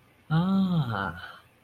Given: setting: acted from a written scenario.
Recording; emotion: vocal sound without words; realization